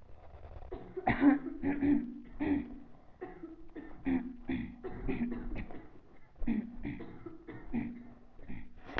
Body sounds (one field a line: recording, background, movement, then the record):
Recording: throat clearing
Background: a bystander coughing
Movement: sitting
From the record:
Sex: female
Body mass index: 22.6 kg/m2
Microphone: on the chest, facing the body